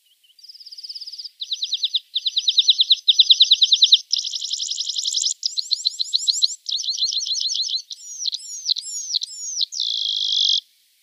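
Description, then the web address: Red-throated Pipit song built from successive high buzzy trills that grow louder at first, ending with looping slurred whistles and a flat buzzy note. "Schulze Peter Red-throated Pipit song"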